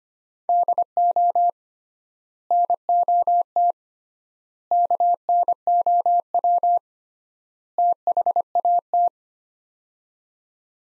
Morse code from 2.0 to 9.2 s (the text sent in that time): NOT KNOW THAT